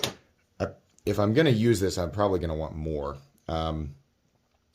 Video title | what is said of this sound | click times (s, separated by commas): Unboxing An IMPRESSIVE Budget Sharpening System! | But the way that these snap into place is kind of neat. | 0.0 s